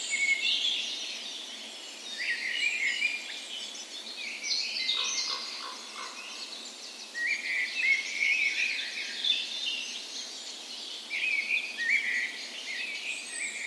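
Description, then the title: Dawn chorus of songbirds, lively overlapping chirps, trills and whistles, with a lower soft warbling phrase briefly heard partway through. Spring dawn chorus recorded on the morning of 17 May, Norway's National Day, in a park west in Bergen, Norway; Sony PCM A10 recorder with LOM micro Usi microphones as tree ears. "17th Of May Dawn Chorus"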